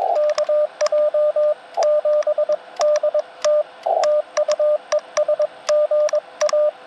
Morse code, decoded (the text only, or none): KJ7DT TU ES GA